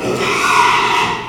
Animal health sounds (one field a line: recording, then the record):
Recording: squeal of a Yucatan mini pig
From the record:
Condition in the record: after surgery on the right vocal fold (resection and tissue-engineered implant)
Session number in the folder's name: 1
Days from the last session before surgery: 6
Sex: male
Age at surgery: 12 weeks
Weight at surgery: 13 kg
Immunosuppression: cyclosporine, prednisolone